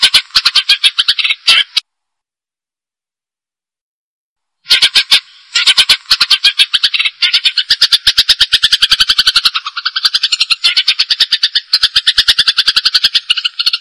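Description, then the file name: Cililin giving rapid, dry, buzzy chattering notes in long runs, broken by one long silent gap before the chatter resumes steadily. "celilin jenggot gereja"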